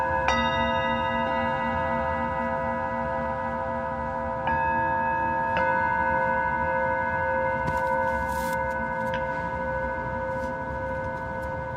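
A Tibetan singing bowl is struck near the start and twice more around five seconds, its layered ringing tones sustaining steadily over low rumble.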